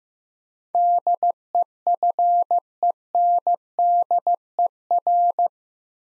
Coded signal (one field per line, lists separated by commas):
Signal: Morse code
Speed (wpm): 15 wpm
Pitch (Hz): 700 Hz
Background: none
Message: DEFENDER